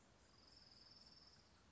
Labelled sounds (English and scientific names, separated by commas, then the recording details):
Orange-crowned Warbler (Leiothlypis celata)
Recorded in Sonoma County, California